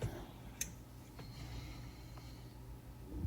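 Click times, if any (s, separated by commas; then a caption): 0.6 s. The plastic map light console trim of a Ford Flex is pushed back into the overhead console housing in the headliner, its clips riding up a small ramp. One sharp, bright click comes at 0.6 s over a low steady hum, with a couple of fainter taps around it. The clips snap into place, and the trim is seated.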